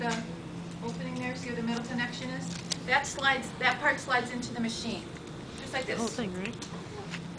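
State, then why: Not seated. Someone talks while a test cartridge with a metal connection is handled at the opening of a blood gas analyzer, about to be slid in. A short, sharp sound comes at 7.1 s near the end, but the cartridge has not seated or clicked yet.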